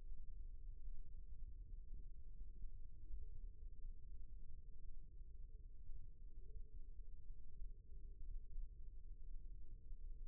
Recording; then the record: forearm muscle sounds (acoustic myography)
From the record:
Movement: rest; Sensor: system 1, eight BSWA MPA416 microphones around the upper forearm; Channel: 3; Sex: male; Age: 18 years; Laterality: right